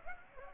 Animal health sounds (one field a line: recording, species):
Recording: mosquito wingbeat signal from an infrared sensor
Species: Culex pipiens